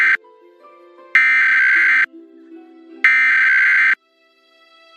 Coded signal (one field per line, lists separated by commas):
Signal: Emergency Alert System (SAME) tones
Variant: header bursts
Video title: National EAS Test October 4, 2023